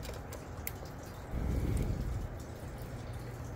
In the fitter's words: right, we're going to put it down. It clicked in. That's one.